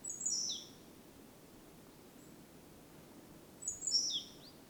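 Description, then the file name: Great tit calls: two brief bursts of high, thin notes, one at the start and one near the end, with soft hiss between. "Parus major"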